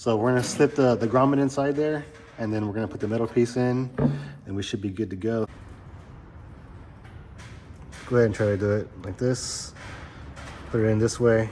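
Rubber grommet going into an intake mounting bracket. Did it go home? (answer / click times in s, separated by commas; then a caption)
no / none. A rubber grommet and a metal piece are positioned on the mounting bracket of a Banks cold air intake for a 2024-2025 Chevy & GMC 2500HD, lined up before being snapped into place. Someone talks through most of the clip, with a quieter stretch of faint handling noise in the middle. Nothing has seated or clicked yet.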